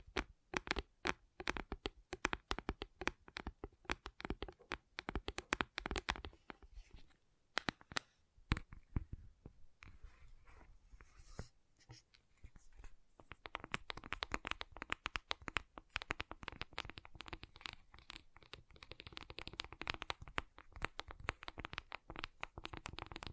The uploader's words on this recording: ASMR Gentle Tapping You Will Fall Asleep To (No Talking).